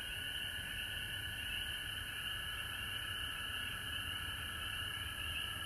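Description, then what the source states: Continuous chorus of frogs, layered trills at mid and high pitch that never pause, over a low background rumble. Recorded at home in Georgia on March 19, 2020.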